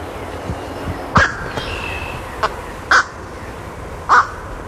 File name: Black crowned Night Heron